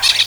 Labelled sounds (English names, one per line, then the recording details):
Brown-throated Parakeet contact call
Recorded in Venezuela
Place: Guárico; Corozopando; Fundo La Fe
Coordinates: 8.506, -67.593